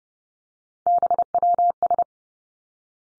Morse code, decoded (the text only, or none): BWS